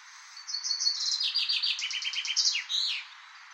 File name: erdei pinty eneke